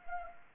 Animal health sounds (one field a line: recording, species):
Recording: mosquito wingbeat signal from an infrared sensor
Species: Anopheles arabiensis